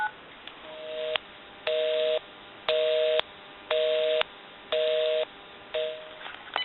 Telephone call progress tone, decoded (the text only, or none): busy tone